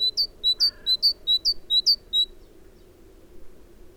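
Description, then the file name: Great tit singing a fast, high, two-note phrase repeated several times in a steady run, then falling quiet. "Parus major"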